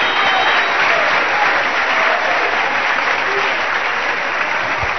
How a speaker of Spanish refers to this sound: Fuerte el aplauso, hermano. Aleluya. Gracias, Señor.